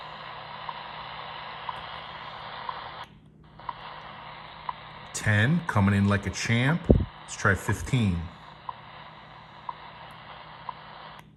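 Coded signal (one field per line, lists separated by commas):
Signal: radio time signal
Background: speech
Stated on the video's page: Time signal received on a Belka radio with different antennas.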